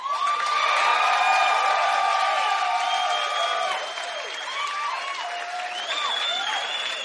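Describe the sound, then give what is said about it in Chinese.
A crowd claps steadily in encouragement for several seconds, with high whoops and whistled cheers rising over the dense patter; the applause eases a little toward the end but keeps going. “但我觉得你自己做 logo 的心很棒，我们给你掌声鼓励鼓励好不好？”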